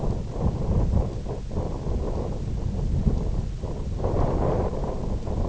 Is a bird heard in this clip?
no